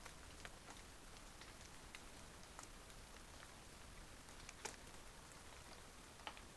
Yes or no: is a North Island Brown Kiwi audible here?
no